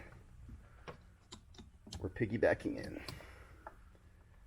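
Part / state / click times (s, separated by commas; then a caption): remote start harness connector into vehicle wiring connector / seated / 3.7 s. A remote start system's harness plug is pushed into a vehicle wiring connector on a 4Runner, piggybacking into the factory wiring. Someone talks while small ticks and rustling sound, then a single sharp click at 3.7 s shows the connector seating fully.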